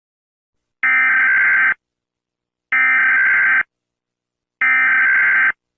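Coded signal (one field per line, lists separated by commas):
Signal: Emergency Alert System (SAME) tones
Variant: header bursts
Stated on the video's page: Homemade fake EAS alert.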